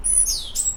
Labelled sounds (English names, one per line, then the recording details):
Stitchbird song
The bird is a male
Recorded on Tiritiri Matangi Island, New Zealand, in 2005
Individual 1, of nest box 1